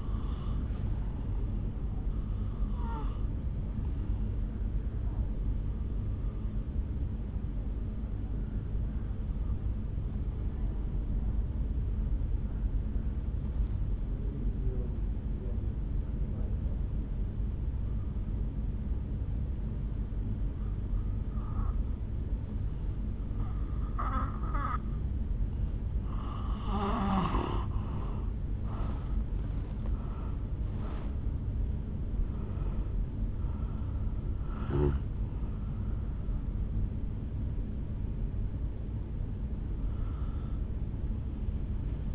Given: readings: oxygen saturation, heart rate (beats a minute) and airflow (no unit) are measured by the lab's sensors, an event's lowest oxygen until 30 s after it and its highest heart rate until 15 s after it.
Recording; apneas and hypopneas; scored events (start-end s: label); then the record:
breathing in sleep by a smartphone at the bedside; 1
6.00-27.70 s: hypopnea (N2, oxygen 93% highest, then 83% lowest, heart rate 65 at the start, 75 highest)
From the record:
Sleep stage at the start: N2 (light sleep); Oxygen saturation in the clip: 86 to 94%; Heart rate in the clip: 56 to 75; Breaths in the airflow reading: 7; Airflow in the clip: -6.7 to 5.4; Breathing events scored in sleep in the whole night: 449 in 7.0 hours asleep